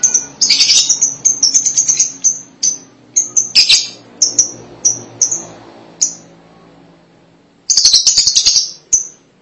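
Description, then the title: Lovebird calls: repeated shrill high chirps and short chattering bursts, a quiet pause, then a final burst of rapid harsh notes. "Suara Burung Lovebird"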